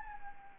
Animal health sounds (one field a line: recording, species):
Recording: mosquito wingbeat signal from an infrared sensor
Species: Anopheles gambiae